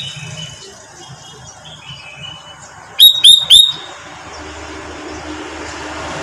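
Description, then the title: Sooty-headed bulbul giving one brisk phrase of three clear notes, with faint chirps and low background noise. "Kutilang"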